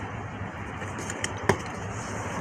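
A floor mat's retaining clip is pulled out of its floor mount in a 2020 Jeep Gladiator Sport S, releasing with a sharp snap at 1.5 s. Softer ticks come just before, around 1.1 s and 1.2 s, over steady low background noise. No words are spoken.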